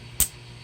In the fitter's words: And then we're going to press it on until we hear it lock.